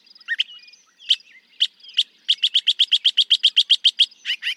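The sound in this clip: Northern mockingbird song: varied phrases, then a long run of rapid, sharp repeated notes, ending with a different burst of notes.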